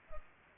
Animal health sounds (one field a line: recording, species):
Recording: mosquito wingbeat signal from an infrared sensor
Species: Culex pipiens